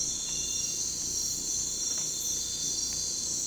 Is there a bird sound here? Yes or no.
no